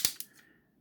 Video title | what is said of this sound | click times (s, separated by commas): How to transform 2005 Transformers Cybertron Vector Prime with partner Minicon Safeguard | so if you go ahead and pop that out you'll see there's the pin right there and the port | 0.1 s, 0.2 s